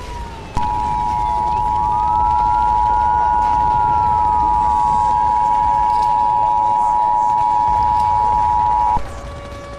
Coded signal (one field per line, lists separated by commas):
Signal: Emergency Alert System (SAME) tones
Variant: 853 and 960 Hz attention tone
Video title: EAS Scenario - Skibidi Toilet Invasion